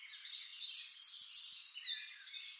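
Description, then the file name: Eurasian wren giving a very high, rapid trill of even notes, bracketed by thin, sharp twittering phrases. "Troglodytes troglodytes"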